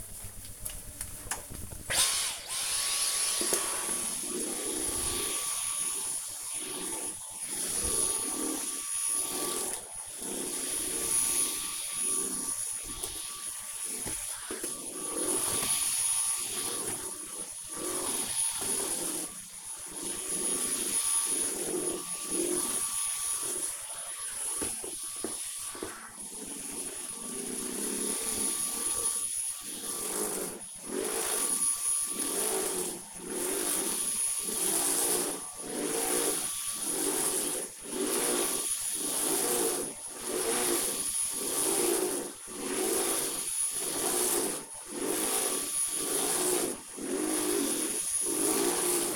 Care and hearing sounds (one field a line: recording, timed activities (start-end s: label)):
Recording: household activities, microphone on the right wrist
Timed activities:
0.00-49.16 s: vacuum cleaning